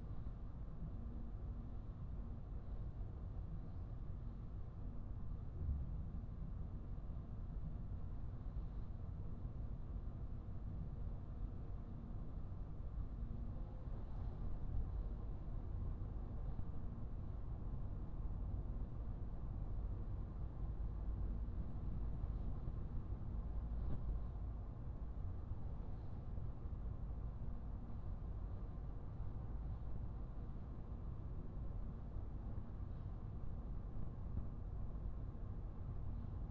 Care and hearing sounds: everyday scene through a hearing-aid microphone; in a vehicle; engine, highway driving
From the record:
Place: Skoda Fabia, gasoline engine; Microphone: behind the ear, right, rear

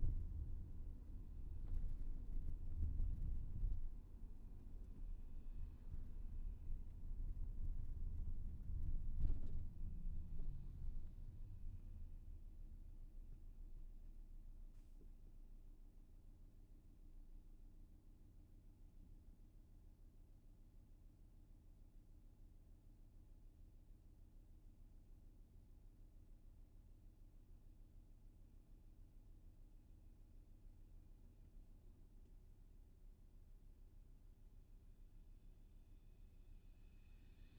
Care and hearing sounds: everyday scene through a hearing-aid microphone; in a vehicle; engine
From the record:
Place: VW T5 Caravelle, diesel engine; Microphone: behind the ear, left, front

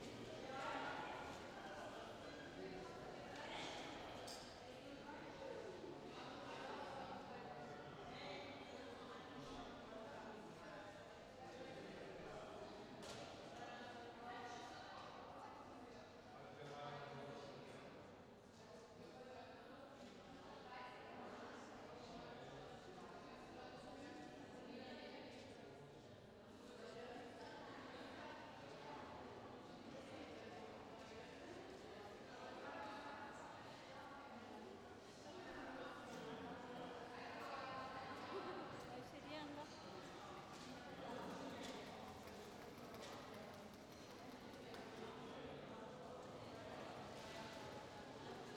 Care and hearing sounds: everyday scene through a hearing-aid microphone; reverberant space; background noise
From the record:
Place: railway station hall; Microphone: in the ear canal, left

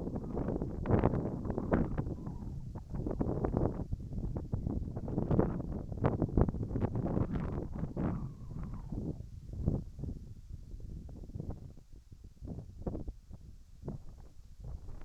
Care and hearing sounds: everyday scene through a hearing-aid microphone; wind on the microphone; wind, whistling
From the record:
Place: in front of a rural house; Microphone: behind the ear, right, front

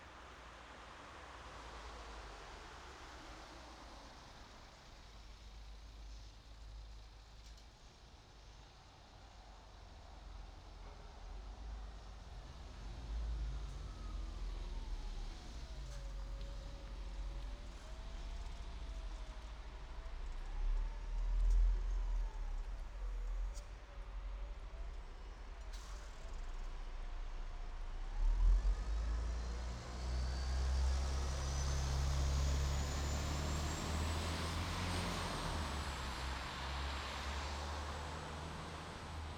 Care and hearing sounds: everyday scene through a hearing-aid microphone; in traffic; traffic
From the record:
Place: bus stop on a city main road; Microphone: in the ear canal, right

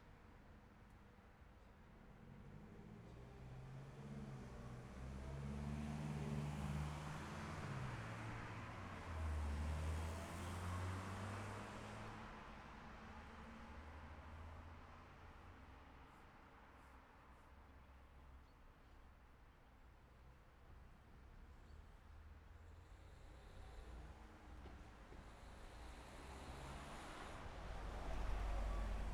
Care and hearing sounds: everyday scene through a hearing-aid microphone; in traffic; traffic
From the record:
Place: city secondary road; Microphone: behind the ear, left, rear

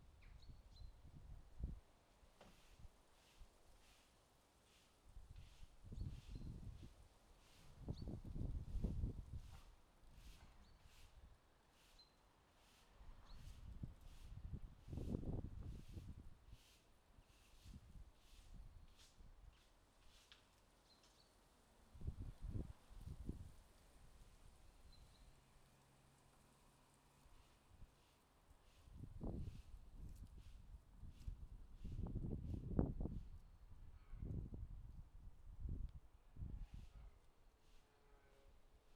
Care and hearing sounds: everyday scene through a hearing-aid microphone; wind on the microphone; wind, other noises, traffic, birds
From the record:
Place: suburban garden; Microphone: in the ear canal, left

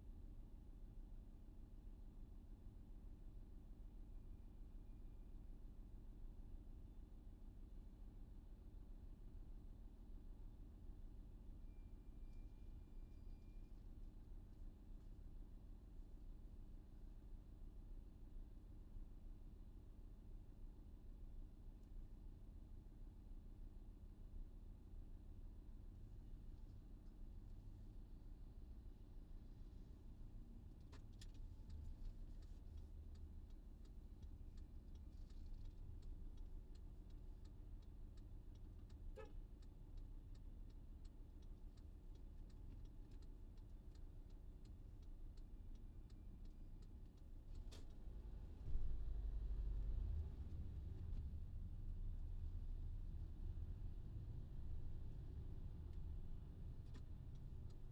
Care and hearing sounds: everyday scene through a hearing-aid microphone; in a vehicle; engine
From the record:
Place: VW T5 Caravelle, diesel engine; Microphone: in the ear canal, left

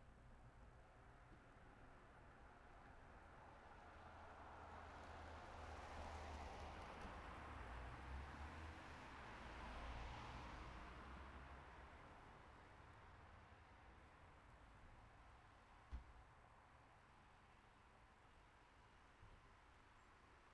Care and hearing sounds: everyday scene through a hearing-aid microphone; in traffic; traffic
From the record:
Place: city secondary road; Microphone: behind the ear, right, rear

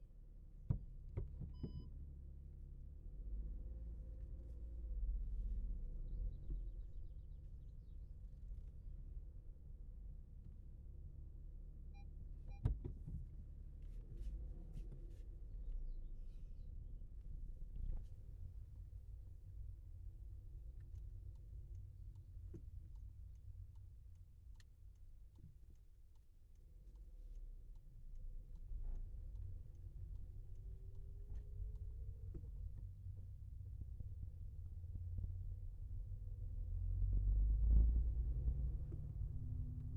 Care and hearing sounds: everyday scene through a hearing-aid microphone; in a vehicle; driving off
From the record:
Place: Skoda Fabia, gasoline engine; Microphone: behind the ear, left, rear

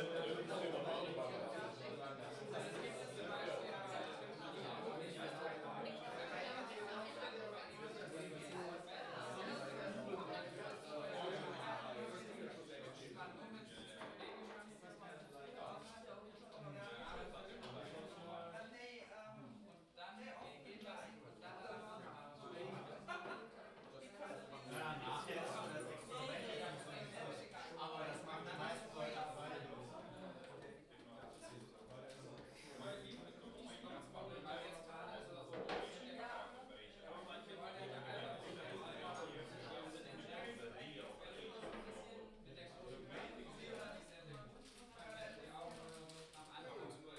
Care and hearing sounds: everyday scene through a hearing-aid microphone; many people talking; many voices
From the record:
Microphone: in the ear canal, left

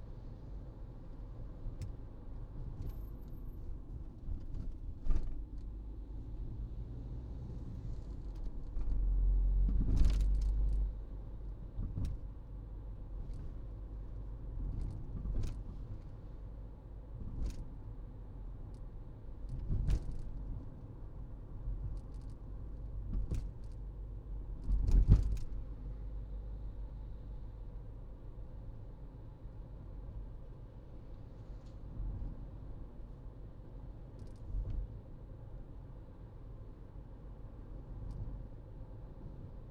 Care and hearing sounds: everyday scene through a hearing-aid microphone; in a vehicle; engine, highway driving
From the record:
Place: Berlingo II, diesel engine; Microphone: in the ear canal, right

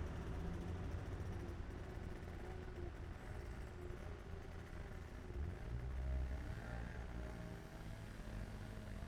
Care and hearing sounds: everyday scene through a hearing-aid microphone; in traffic; traffic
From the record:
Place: main city hub, rush hour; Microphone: behind the ear, left, front

